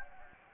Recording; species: mosquito wingbeat signal from an infrared sensor; Anopheles gambiae